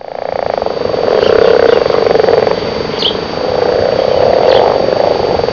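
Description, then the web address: Frogs calling in a dense chorus, a steady pulsing drone rising and falling in strength, with a few brief higher chirps over it. Recorded in February 2002. "2002 frogfeb frogs"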